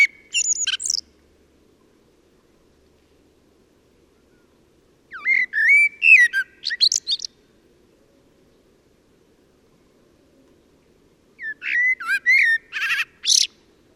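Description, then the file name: Common blackbird song in three phrases, about five seconds apart, the first cut off at the start. The later two have warbled fluty notes and end in a high scratchy twitter. "Turdus merula"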